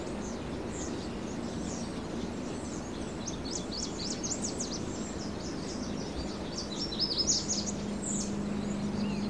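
Birds chirping in busy clusters of high, sharp notes over steady background noise and a faint hum.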